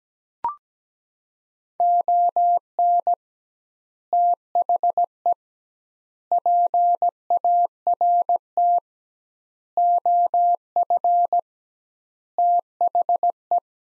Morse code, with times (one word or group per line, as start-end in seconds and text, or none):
1.8-3.1 ON
4.1-5.3 THE
6.3-8.8 PART
9.8-11.4 OF
12.4-13.6 THE